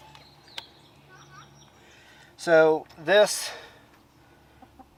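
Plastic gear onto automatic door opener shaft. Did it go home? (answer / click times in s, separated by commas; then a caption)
yes / 0.6 s. A plastic half-moon drive gear is pushed all the way down onto its keyed shaft on an Omlet Automatic Chicken Door Opener, giving a sharp, short click at 0.6 s as it seats fully. Later, someone talks briefly over a quiet background.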